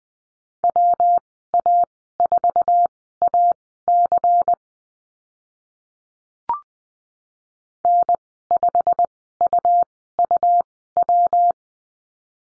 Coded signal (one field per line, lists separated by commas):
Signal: Morse code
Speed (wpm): 20 wpm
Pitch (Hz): 700 Hz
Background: none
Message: WA4AC N5UUW